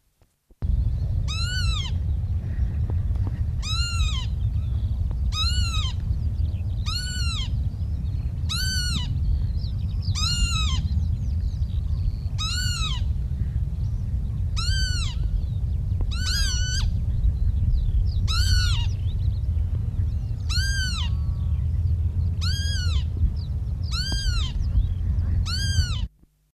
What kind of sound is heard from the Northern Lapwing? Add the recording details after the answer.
call. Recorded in the wild. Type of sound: call. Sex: pair. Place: Grasdorf, Niedersachsen, DE. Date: 1969-07-05. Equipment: Halbspur, 9,5 cm/s. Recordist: Lütgens, Hans. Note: 1 Paar erregt